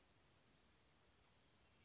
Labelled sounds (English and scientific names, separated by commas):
Western Flycatcher (Empidonax difficilis)